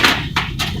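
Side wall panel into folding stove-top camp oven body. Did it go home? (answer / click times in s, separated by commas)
no / none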